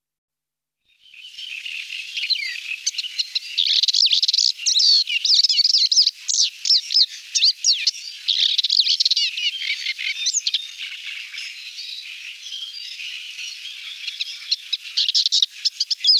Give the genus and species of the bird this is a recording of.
Acrocephalus agricola